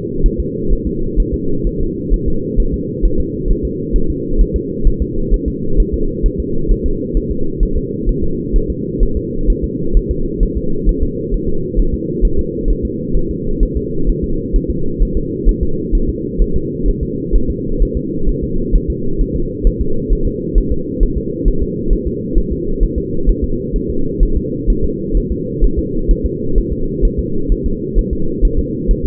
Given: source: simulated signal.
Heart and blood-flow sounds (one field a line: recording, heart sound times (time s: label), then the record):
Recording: fetal heart sounds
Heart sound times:
0.26 s: S1
0.40 s: S2
0.73 s: S1
0.87 s: S2
1.20 s: S1
1.34 s: S2
1.67 s: S1
1.81 s: S2
2.14 s: S1
2.28 s: S2
2.60 s: S1
2.74 s: S2
3.05 s: S1
3.20 s: S2
3.51 s: S1
3.65 s: S2
3.96 s: S1
4.10 s: S2
4.41 s: S1
4.56 s: S2
4.87 s: S1
5.02 s: S2
5.34 s: S1
5.48 s: S2
5.80 s: S1
5.94 s: S2
6.26 s: S1
6.40 s: S2
6.71 s: S1
6.86 s: S2
7.17 s: S1
7.31 s: S2
7.63 s: S1
7.77 s: S2
8.09 s: S1
8.24 s: S2
8.56 s: S1
8.70 s: S2
9.03 s: S1
9.17 s: S2
9.50 s: S1
9.64 s: S2
9.97 s: S1
10.11 s: S2
10.43 s: S1
10.57 s: S2
10.89 s: S1
11.03 s: S2
11.34 s: S1
11.49 s: S2
11.79 s: S1
11.94 s: S2
12.25 s: S1
12.39 s: S2
12.70 s: S1
12.85 s: S2
13.16 s: S1
13.31 s: S2
13.63 s: S1
13.77 s: S2
14.09 s: S1
14.24 s: S2
14.56 s: S1
14.70 s: S2
15.02 s: S1
15.17 s: S2
15.49 s: S1
15.63 s: S2
15.95 s: S1
16.09 s: S2
16.42 s: S1
16.56 s: S2
16.88 s: S1
17.03 s: S2
17.36 s: S1
17.50 s: S2
17.82 s: S1
17.97 s: S2
18.29 s: S1
18.44 s: S2
18.75 s: S1
18.90 s: S2
19.21 s: S1
19.36 s: S2
19.67 s: S1
19.81 s: S2
20.13 s: S1
20.27 s: S2
20.58 s: S1
20.72 s: S2
21.03 s: S1
21.18 s: S2
21.48 s: S1
21.63 s: S2
21.93 s: S1
22.07 s: S2
22.38 s: S1
22.52 s: S2
22.83 s: S1
22.98 s: S2
23.29 s: S1
23.44 s: S2
23.76 s: S1
23.90 s: S2
24.23 s: S1
24.37 s: S2
24.70 s: S1
24.84 s: S2
25.17 s: S1
25.32 s: S2
25.64 s: S1
25.79 s: S2
26.11 s: S1
26.26 s: S2
26.58 s: S1
26.72 s: S2
27.05 s: S1
27.19 s: S2
27.52 s: S1
27.66 s: S2
27.98 s: S1
28.13 s: S2
28.45 s: S1
28.59 s: S2
28.91 s: S1
29.05 s: S2
From the record:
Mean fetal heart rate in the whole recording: 130 bpm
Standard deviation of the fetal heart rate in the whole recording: 2 bpm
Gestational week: 38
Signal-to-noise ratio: -8.1 dB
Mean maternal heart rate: 72 bpm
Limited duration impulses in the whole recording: absent